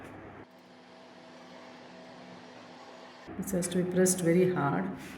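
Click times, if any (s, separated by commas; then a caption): none. A plastic cap is placed and lined up on top of the joining clip of an IKEA Trotten drawer unit before being pressed home. A low steady hum runs through a quiet stretch, then someone talks from about 3.3 s. Nothing has seated or clicked yet.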